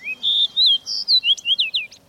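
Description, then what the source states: Fox Sparrow song: a quick, sweet series of clear whistled slurs, rising and falling, ending in a few short descending notes. Autumn migrant singing in October morning sunlight; nested in Alaska, at higher latitudes or in mountains, last summer; winters farther south at lower latitudes or elevation, September to May.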